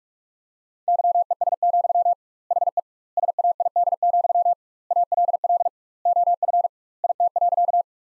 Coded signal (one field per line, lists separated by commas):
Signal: Morse code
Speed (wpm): 41 wpm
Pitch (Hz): 700 Hz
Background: none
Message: YES, HE SAID, ALL OF IT.